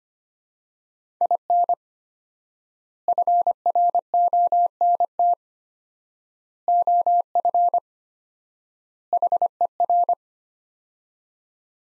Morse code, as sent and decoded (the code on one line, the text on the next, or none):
.. -. / ..-. .-. --- -. - / --- ..-. / .... . .-.
IN FRONT OF HER